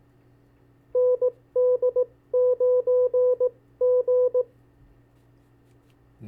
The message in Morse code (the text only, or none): ND9G